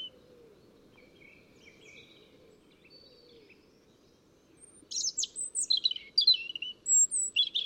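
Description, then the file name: European robin song: soft-sounding warbles early, then from about five seconds a loud burst of high, jumbled trills and whistles over low background hum. "Erithacus rubecula"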